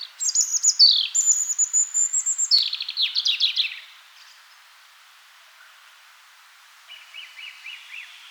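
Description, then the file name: European robin song: a high, thin phrase of sliding whistles and rapid twittering trills lasting about four seconds, then a pause and a softer trilled fragment. "Rotkehlchen"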